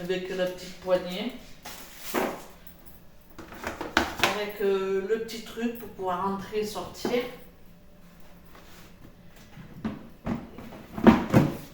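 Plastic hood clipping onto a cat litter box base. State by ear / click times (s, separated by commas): seated / 11.1 s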